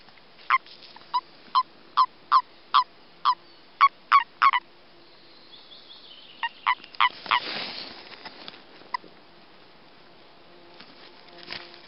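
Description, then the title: Common toad mating calls: a brisk series of short, croaking notes roughly every half second, then scattered notes and a burst of rustling noise. Recorded during breeding. "Reproduction du Crapaud commun"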